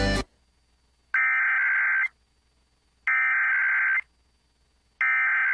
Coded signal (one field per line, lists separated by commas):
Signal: Emergency Alert System (SAME) tones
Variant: header bursts